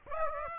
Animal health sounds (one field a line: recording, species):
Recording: mosquito wingbeat signal from an infrared sensor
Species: Aedes aegypti